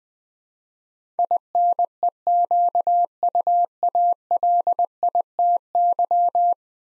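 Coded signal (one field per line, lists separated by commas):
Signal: Morse code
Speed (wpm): 20 wpm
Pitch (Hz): 700 Hz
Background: none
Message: INEQUALITY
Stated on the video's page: Morse practice at 20 wpm: 10-letter words, sent twice for head-copy training.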